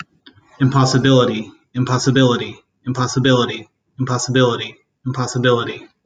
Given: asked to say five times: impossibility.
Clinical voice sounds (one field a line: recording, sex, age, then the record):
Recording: repeated word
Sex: male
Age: 30 to 39 years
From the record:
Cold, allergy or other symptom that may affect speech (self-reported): no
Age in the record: 32 years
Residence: Kansas, United States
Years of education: 16